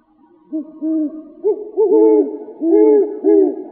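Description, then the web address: Great horned owls, two birds hooting at once, their deep notes at slightly different pitches overlapping in a busy, rhythmic exchange. Arizona, 23 September 2007. "Owls AZFO GHOW 5 deviche 092307"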